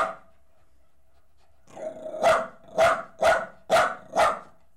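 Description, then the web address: Dog gives one clipped bark, falls silent, then builds into five rapid, forceful barks. "The BBC Sound Effects Library - Complete 60 CDs Collection Sound Effects Library (Horses # 2 and Dogs)"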